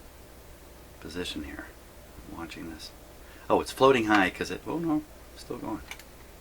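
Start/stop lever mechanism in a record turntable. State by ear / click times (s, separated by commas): not seated / none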